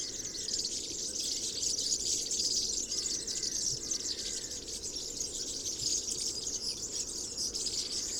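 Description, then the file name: European serin song, an unbroken high tinkling, wheezy jingle that barely varies throughout. Recorded 22 January 2017 at Binsham. "Girlitz. Binsham. Susanne Rieck"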